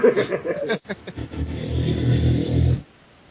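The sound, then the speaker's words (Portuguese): A fire truck from the fire station across the street goes by with a heavy, low engine rumble that swells and holds steady for a couple of seconds before cutting off. Brief voices come at the start. “Foi falar do Romenig e tocou o carro do bombeiro.”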